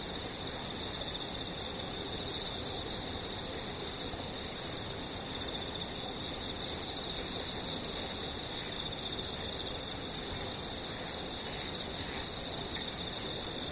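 Insects keep up a steady, unbroken high whine, with a strong shrill band and a fainter, even higher one above it, holding the same pitch for the whole fourteen seconds. A soft, dense low rumble runs underneath throughout, with no distinct events standing out.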